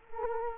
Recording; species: mosquito wingbeat signal from an infrared sensor; Culex quinquefasciatus